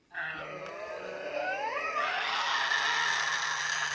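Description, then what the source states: Tasmanian devil cries: a wavering, whining harmonic tone that rises and bends, then breaks into a harsh, raspy screech held steadily to the end. Distinctive cries of joeys adjusting to life in tropical far north Queensland.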